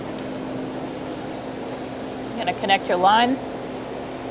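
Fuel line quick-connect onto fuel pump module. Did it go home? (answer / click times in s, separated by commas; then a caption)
no / none. A fuel line quick-connect is being handled onto the fuel pump module of a 2004-2009 Mazda 3 2.3L L4, against a steady mechanical hum. Someone talks briefly around 2.4 to 3.4 seconds. Nothing has seated or clicked yet.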